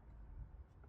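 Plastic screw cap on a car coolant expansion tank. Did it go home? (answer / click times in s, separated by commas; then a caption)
no / none. The plastic screw cap on the coolant expansion tank of a Ford C-Max is handled and turned after the coolant is topped up; the cap had been very tight when opened. Only low, steady rumble and faint handling noise are heard, with no distinct transient and no talk. Nothing has seated or clicked yet.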